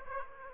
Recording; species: mosquito wingbeat signal from an infrared sensor; Aedes aegypti